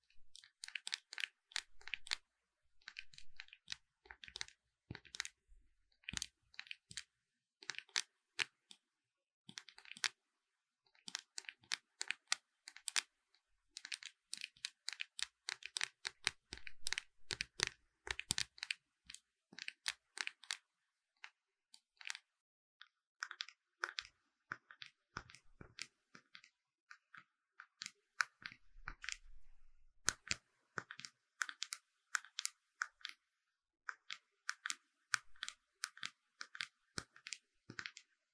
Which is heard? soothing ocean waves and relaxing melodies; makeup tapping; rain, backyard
makeup tapping